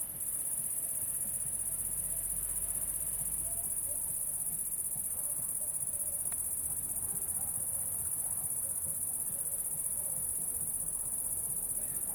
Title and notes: Saint-Privat-de-Champclos, France - cricket la sabliére. cricket la sabliére Captation : ZOOMH6 + M/S Microphone